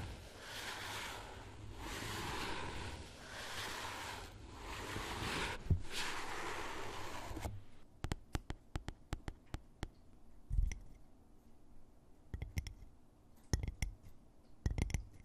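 Fingers tap on objects: for the first seven seconds a dense, rushing wash swells and fades in slow waves with a low rumble beneath. Then it drops away, leaving sharp, bright taps and clicks, some single, some in quick clusters, with short quiet gaps.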